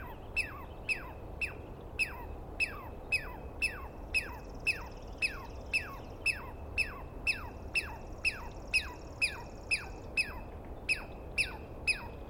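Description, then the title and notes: Douglas squirrel calling: steady series of sharp downward-sliding chirps, about two each second, with a thin high buzzing sound partway through. Douglas pine squirrel screaming at length at dawn, morning of 21 April 2017, East Cascades; recordist woken by it; identified by sound, not clearly seen. "On the morning of 21 April, 2017, I set up my microphones and recorder for a nice dawn recording in the East Cascades. I was started awake by a screaming Douglas Pine Squirrel."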